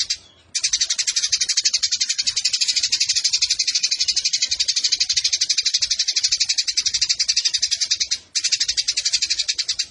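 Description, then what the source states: Eurasian tree sparrow producing a steady, rapid, grating chatter of high chirps, starting after a short gap and pausing once near the end. Sparrow in fighting mode ('tarung') with long continuous bursts ('nembak panjang') and a clear voice, used as masteran training for competition birds.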